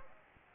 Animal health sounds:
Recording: mosquito wingbeat signal from an infrared sensor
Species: Anopheles arabiensis

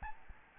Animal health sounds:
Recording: mosquito wingbeat signal from an infrared sensor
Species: Aedes albopictus

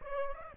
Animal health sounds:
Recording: mosquito wingbeat signal from an infrared sensor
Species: Aedes aegypti

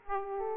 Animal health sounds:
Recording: mosquito wingbeat signal from an infrared sensor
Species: Aedes aegypti

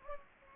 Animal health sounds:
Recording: mosquito wingbeat signal from an infrared sensor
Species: Anopheles gambiae

